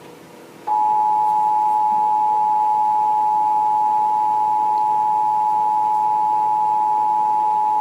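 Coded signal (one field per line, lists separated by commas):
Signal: Emergency Alert System (SAME) tones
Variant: 853 and 960 Hz attention tone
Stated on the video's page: Severe thunderstorm warning alert relayed on an NBC television station.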